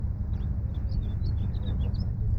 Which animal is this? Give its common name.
House Finch